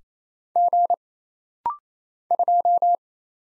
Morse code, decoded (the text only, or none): G 2